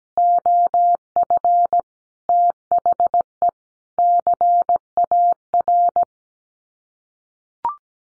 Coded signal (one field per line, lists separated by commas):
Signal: Morse code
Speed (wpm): 17 wpm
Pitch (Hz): 700 Hz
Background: none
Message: OF THE CAR